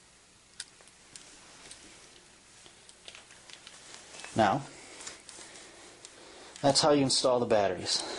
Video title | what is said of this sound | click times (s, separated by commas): HY2M 1/12 scale Air Shock Battle Beam Saber Review | and slide it down until it clicks. | 0.6 s